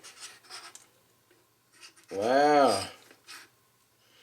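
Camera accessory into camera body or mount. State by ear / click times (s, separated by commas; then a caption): not seated / none. Someone screws or twists a camera accessory into a Canon EOS Rebel T7 camera body or mount, making soft rubbing and scraping sounds, with a brief scrape at 0.8 s, while someone talks. Nothing has clicked or locked into place; the accessory fails to lock in.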